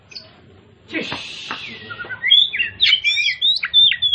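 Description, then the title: Oriental magpie-robin: a rough noisy sweep opens, then a songbird bursts into loud whistled and chattering phrases rising in intensity. Labelled 'Kacer Tretes'; described as gacor (singing continuously and vigorously). "Kacer Tretes Gacor"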